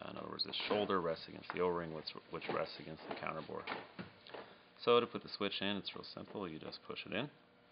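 A push switch is being fitted into a ThermoVape personal botanical vaporizer body, where its shoulder rests against an o-ring that rests against the counter board. Someone talks throughout, with only faint handling sounds. The switch has not yet been pushed in and nothing has clicked yet.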